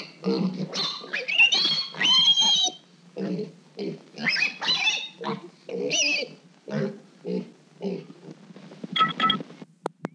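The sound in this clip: Pigs snorting and grunting in short bursts, broken by shrill squeals, in quick, irregular succession.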